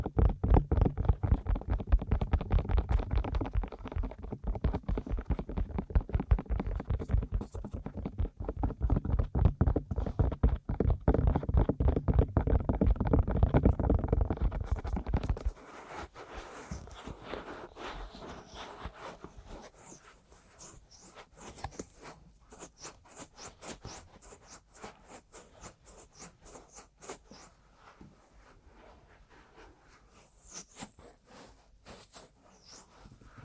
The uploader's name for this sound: Aggressive Ear Massage & Tapping